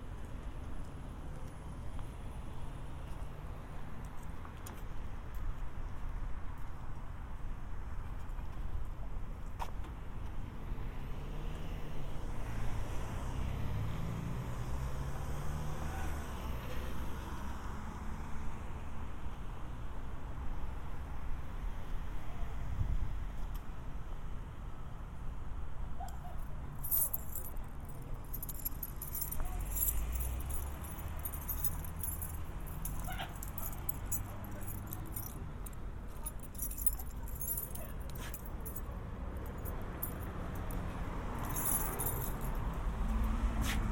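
A binaural city walk with steady low traffic rumble, passing vehicles, and bright jangling and clinking from keys or gear after about 26 seconds.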